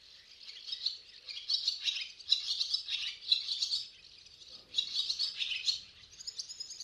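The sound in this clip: Barn swallow twitter, quick high chattering chirps in bursts separated by brief pauses, against an otherwise quiet background.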